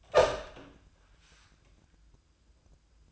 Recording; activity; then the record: daily activity, microphone in the room; open door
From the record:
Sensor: 2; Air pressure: 1004.7 hPa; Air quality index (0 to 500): 74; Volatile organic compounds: 1 ppm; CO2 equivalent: 874 ppm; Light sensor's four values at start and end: 7/16/6/6 and 7/16/6/7